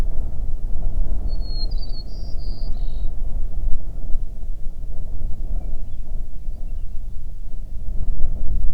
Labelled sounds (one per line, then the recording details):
songbird
wind
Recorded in the Prudhoe Bay oil fields, Alaska, on 9 June 2019 at 16:39
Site 21